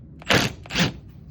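A tool is forced against a seized brake bleeder valve on a brake caliper, as a near last resort to loosen it. At 0.3 s it slips with a sharp metallic burst, followed by a second broadband scrape around 0.8 s. The bleeder is stripped further.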